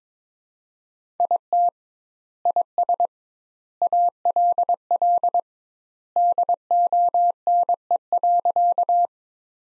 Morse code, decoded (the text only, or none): IT IS ALL DONE.